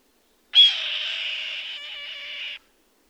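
Bird giving a single long rasping screech, loud at the start, then an even hoarse hiss for about two seconds.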